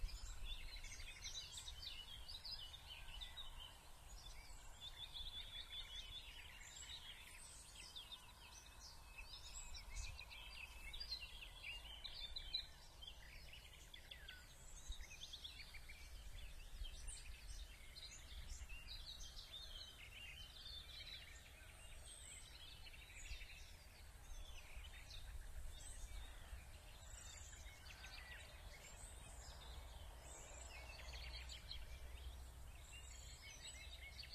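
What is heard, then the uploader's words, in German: An outdoor scene by the Elbe river, with many birds chirping and calling at once throughout, bright overlapping tweets in a dense, busy chorus. Beneath them runs a steady low rumble, like wind or water, and the overall level stays even. Live aus der Natur von der #Elbe. Auf unserem Crossgolf Platz ist mächtig was los am frühen Morgen.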